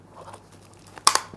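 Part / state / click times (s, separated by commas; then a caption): plug extension adapter onto camera battery charger / seated / 1.1 s. A plastic plug extension adapter is pressed onto a Nikon D3400 camera battery charger, the piece that fits between the charger and the wall plug. Faint handling rustles lead to a sharp, loud snap at 1.1 s, with a quick second snap just after. The adapter locks into place.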